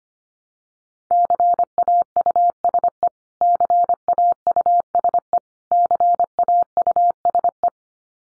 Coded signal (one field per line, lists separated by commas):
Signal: Morse code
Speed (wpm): 25 wpm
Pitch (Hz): 700 Hz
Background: none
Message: CAUSE CAUSE CAUSE